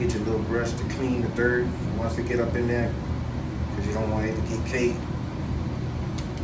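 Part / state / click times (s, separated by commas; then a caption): detachable blade head onto hair clipper body / not seated / none. A man talks over a steady background hum while handling a cordless hair clipper and its detachable blade head, which has been removed for cleaning with a small brush. The blade head has not yet been pushed back onto the clipper body, and nothing has seated or clicked. A brief sharp sound comes at about 6.2 s.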